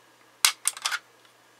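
A sharp click at 0.5 s as the magazine latch on a Browning BLR lever-action rifle is released, and the box magazine is pulled out and drops free. A short run of lighter metallic clicks and scrapes follows between about 0.7 and 0.9 s before the clip falls quiet.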